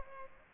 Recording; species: mosquito wingbeat signal from an infrared sensor; Aedes aegypti